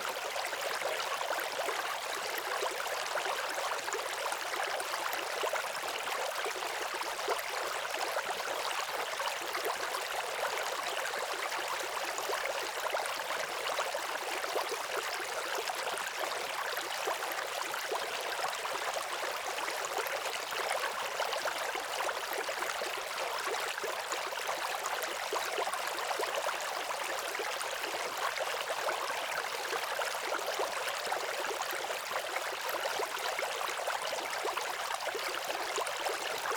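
A creek runs steadily, a dense, bright hiss of rushing water with little low rumble and no change throughout.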